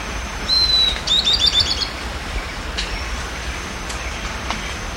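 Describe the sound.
Bird song: a high, pure whistled note leads into a fast sparkling trill of short slurred notes, once, with a few faint chips and hiss afterwards.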